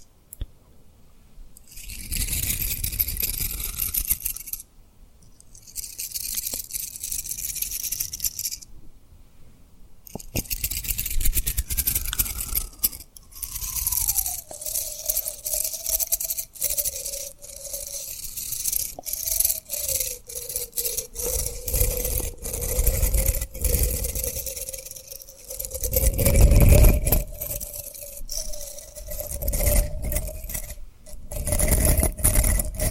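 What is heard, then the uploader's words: Crisp tapping and rubbing on a rhinestone surface comes in dense bursts of bright scratchy texture with short pauses near 4 and 10 seconds. A faint sustained tone rises and settles midway, holding steady in the background, while brief low bumps occasionally thud underneath. ASMR Tapping & Rubbing Rhinestone Lip Triggers for Sleep (No Talking).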